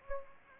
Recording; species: mosquito wingbeat signal from an infrared sensor; Anopheles gambiae